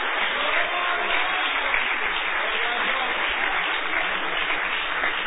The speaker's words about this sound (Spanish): Denle un aplauso a Dios por ese estudio bíblico.